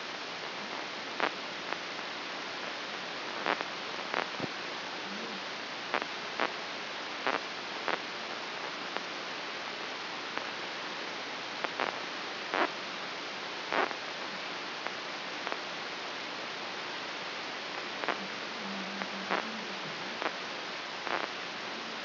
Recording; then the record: brain microelectrode recording played as sound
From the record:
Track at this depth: outside the subthalamic nucleus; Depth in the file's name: 4.423 mm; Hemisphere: left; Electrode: 3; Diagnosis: Parkinson's disease